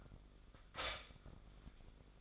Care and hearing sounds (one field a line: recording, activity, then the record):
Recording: daily activity, microphone in the room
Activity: stop toaster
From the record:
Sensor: 5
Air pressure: 1004.3 hPa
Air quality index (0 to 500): 167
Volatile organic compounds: 4 ppm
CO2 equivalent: 1571 ppm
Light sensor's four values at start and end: 34/108/41/41 and 34/108/41/41